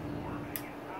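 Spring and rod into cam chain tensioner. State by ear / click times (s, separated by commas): seated / 0.6 s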